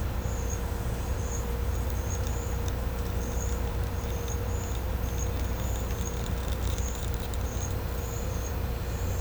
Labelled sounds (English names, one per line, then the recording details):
none
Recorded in pastures near Puerto Asís, Putumayo, Colombia, on 16 December 2024 at 10:30
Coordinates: 0.502, -76.324
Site G077